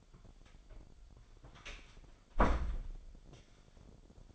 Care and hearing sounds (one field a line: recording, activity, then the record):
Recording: daily activity, microphone in the room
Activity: close door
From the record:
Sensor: 5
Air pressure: 1007.3 hPa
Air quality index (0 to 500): 166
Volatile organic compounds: 4 ppm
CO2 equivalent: 1590 ppm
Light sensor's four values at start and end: 55/157/61/61 and 56/157/61/61